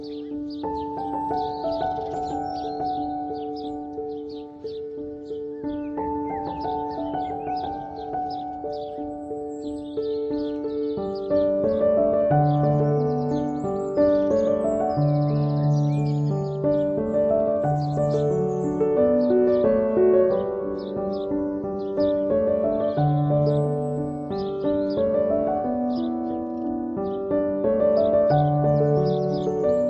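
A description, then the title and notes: Birds chirp in quick, bright bursts all the way through, layered over a louder bed of steady, sustained musical tones. Around eleven seconds a low, repeating bass pattern enters and the music grows fuller and louder, with the bird calls continuing above it. Relaxing Bird Sound.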